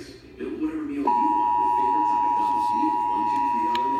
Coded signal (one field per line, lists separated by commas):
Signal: Emergency Alert System (SAME) tones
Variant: 853 and 960 Hz attention tone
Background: speech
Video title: EAS #169 Child Abduction Emergency